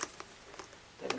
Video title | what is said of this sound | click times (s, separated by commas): Kitwana's Toys #120: 2021 Mattel Jurassic World Ocean Protector Mosasaurus Unboxing & Review | and make sure that it clicks then it clicks into place | 1.1 s